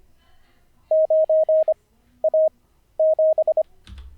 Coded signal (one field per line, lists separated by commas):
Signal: Morse code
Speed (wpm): 25 wpm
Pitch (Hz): 630 Hz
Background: none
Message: 9A7